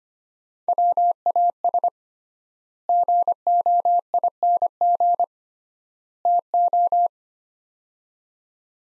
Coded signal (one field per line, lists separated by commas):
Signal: Morse code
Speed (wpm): 25 wpm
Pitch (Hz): 700 Hz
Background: none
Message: WAS GOING TO